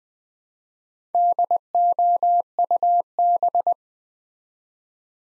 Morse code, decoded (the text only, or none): DOUB